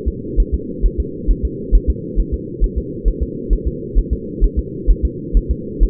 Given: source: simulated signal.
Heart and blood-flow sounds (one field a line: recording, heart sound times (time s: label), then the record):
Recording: fetal heart sounds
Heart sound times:
0.08 s: S2
0.40 s: S1
0.54 s: S2
0.85 s: S1
1.00 s: S2
1.31 s: S1
1.45 s: S2
1.75 s: S1
1.90 s: S2
2.20 s: S1
2.34 s: S2
2.64 s: S1
2.78 s: S2
3.08 s: S1
3.23 s: S2
3.53 s: S1
3.67 s: S2
3.98 s: S1
4.13 s: S2
4.44 s: S1
4.59 s: S2
4.90 s: S1
5.05 s: S2
5.37 s: S1
5.51 s: S2
5.83 s: S1
From the record:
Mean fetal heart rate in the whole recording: 130 bpm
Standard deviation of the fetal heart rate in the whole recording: 2 bpm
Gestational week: 36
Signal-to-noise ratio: -4.1 dB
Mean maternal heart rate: no maternal heart sound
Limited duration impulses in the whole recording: absent